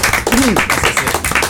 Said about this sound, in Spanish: un aplauso para él